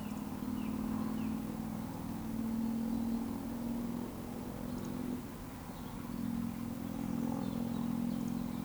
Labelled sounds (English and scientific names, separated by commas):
Eurasian Woodcock (Scolopax rusticola) whistle